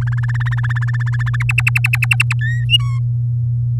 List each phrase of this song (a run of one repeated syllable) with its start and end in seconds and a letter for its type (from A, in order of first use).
0.01-1.36 A, 1.40-2.33 B, 2.41-2.65 C, 2.69-2.99 D